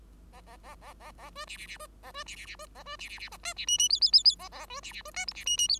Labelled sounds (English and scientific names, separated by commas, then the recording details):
Bengalese Finch (Lonchura striata domestica) song
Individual Bird5